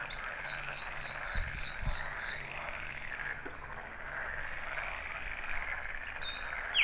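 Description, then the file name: Common nightingale song: a quick run of several high, evenly spaced repeated notes, then scattered further notes, set against a steady croaking frog chorus throughout. "Luscinia megarhynchos"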